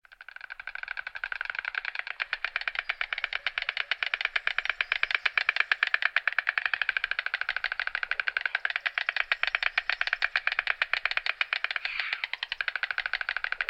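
Stork bill-clattering, a rapid dry wooden rattle of even knocks that runs without pause throughout.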